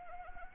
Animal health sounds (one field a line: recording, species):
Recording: mosquito wingbeat signal from an infrared sensor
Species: Anopheles arabiensis